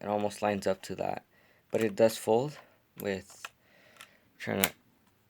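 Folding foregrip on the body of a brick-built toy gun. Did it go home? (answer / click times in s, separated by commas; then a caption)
no / none. Someone talks while folding the plastic brick foregrip on the body of a brick-built toy MP7 gun, with faint handling noises and a brief tick near 4.0 seconds between the words. The grip is meant to lock onto the gun's studs, but nothing has seated or clicked into place yet.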